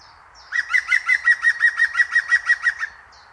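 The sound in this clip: European Green Woodpecker laughing call: a fast, even series of many loud, ringing notes, steady in pitch, lasting over two seconds, with a faint high note before and after.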